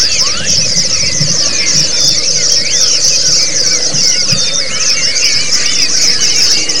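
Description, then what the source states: Many white-eyes twittering together, a steady bright high hiss of notes threaded with looping, wavering whistles and some soft low knocks. A group (ombyokan) of white-eyes singing together, a therapy (terapi) recording.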